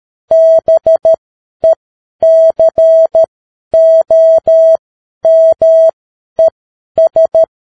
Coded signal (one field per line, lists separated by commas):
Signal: Morse code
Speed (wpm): 13 wpm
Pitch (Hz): 650 Hz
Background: none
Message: BECOMES